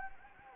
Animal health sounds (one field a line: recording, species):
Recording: mosquito wingbeat signal from an infrared sensor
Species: Anopheles gambiae